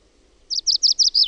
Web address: OMAT AANITYKSET METSAKIRVINEN